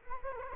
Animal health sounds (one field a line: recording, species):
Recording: mosquito wingbeat signal from an infrared sensor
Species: Culex quinquefasciatus